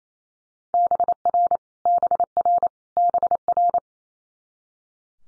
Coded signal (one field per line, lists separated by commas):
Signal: Morse code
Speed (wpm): 28 wpm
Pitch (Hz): 700 Hz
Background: none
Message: BR BR BR